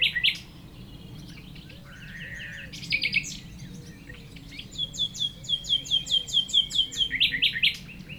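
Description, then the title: Common nightingale song: a rich loud phrase, then a long run of repeated clear notes, over a steady low motor drone. Several nightingales singing near Chindrieux, France; a rototiller runs far off; recordist a few meters from the foreground singer. "195 Rue de Vars, Chindrieux, France - Rossignols"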